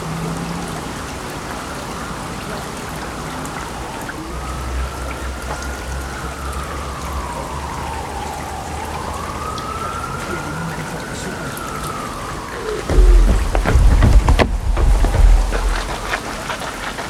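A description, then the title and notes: Along the river in Odense, a steady rain-like hiss runs throughout, with a wavering tone mid-clip and rumbling thumps near the end. Sounds along the river in Odense, Denmark.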